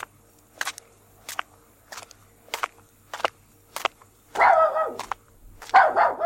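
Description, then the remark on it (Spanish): A small dachshund, out with a woman on a bridge, lets out a couple of loud, rough barking bursts after a run of evenly spaced, sharp footsteps, with no talking. “Una mujer con un perro salchicha por el puente del cachorro.”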